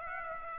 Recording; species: mosquito wingbeat signal from an infrared sensor; Aedes aegypti